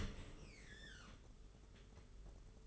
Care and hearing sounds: daily activity, microphone in the room; open dishwasher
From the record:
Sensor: 4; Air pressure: 992.2 hPa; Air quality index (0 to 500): 109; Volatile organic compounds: 18 ppm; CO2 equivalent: 2602 ppm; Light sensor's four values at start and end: 23/78/28/30 and 23/78/28/30

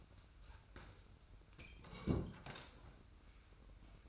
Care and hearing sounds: daily activity, microphone in the room; sit down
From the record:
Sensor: 2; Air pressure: 990.3 hPa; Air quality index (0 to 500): 181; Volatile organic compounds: 1000 ppm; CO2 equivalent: 5750 ppm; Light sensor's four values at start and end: 30/67/28/29 and 30/70/29/29

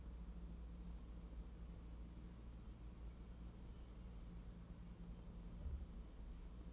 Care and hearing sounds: daily activity, microphone in the room; wipe stove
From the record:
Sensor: 1

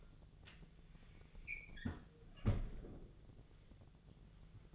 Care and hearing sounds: daily activity, microphone in the room; close fridge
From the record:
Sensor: 4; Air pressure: 1000.9 hPa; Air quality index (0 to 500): 129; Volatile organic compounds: 1 ppm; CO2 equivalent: 966 ppm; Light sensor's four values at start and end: 29/69/29/31 and 32/77/32/35

